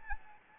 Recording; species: mosquito wingbeat signal from an infrared sensor; Anopheles arabiensis